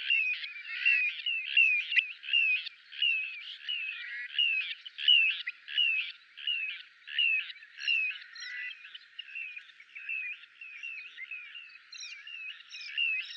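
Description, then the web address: Little ringed plover calling, a fast series of burry rising-then-falling notes repeated under a second apart, softening toward the end. "kleine plevier"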